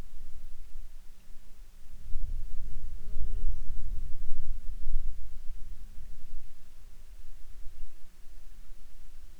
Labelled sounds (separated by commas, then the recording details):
insects
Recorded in Ivvavik National Park, Yukon, on 19 June 2019 at 21:59
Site SINP06